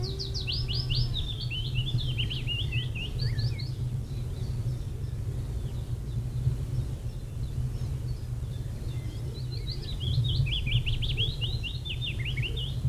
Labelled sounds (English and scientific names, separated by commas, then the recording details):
Willow Warbler (Phylloscopus trochilus) song
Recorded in the wild
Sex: male
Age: adult
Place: Feldberg - Koldenhof, Mecklenburgische Seenplatte, Mecklenburg, DE
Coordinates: 53.3294, 13.3136
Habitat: mixed forest
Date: 1976-06-27 18:16
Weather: 26°C
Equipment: Uher CR 210, Sennheiser MD 421 HL, Verstärker, Reflektor, Kopie Uher 4200
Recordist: Tembrock, Günter